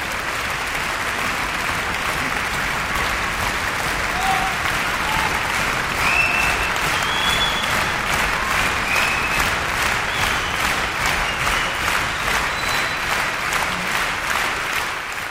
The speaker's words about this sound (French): Applaudissez s'il vous plaît.